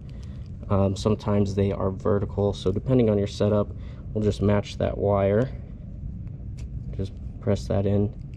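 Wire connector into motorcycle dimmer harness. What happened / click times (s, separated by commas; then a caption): Wire connector handled, not yet seated; no seating click heard / none. Someone talks while pressing a loose wire's plug-in connector into the wiring harness of a manual dimmer for an XL motorcycle, matching the wire's diagonal orientation, with a few faint ticks of handling in the pauses. The clip ends before the part goes home, so the connector has not seated or clicked yet.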